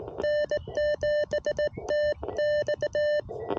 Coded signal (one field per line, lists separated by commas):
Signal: Morse code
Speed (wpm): 17 wpm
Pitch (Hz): 600 Hz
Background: none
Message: N7TX